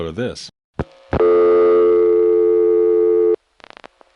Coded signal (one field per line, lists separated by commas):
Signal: telephone call progress tone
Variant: North America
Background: speech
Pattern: dial tone